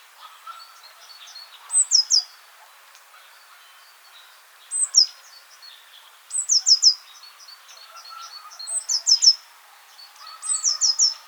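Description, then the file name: Eurasian blue tit giving five high, sibilant phrases, each an opening slurred note then a rapid tinkling trill of several notes, with faint lower background chatter. "Cyanistes caeruleus"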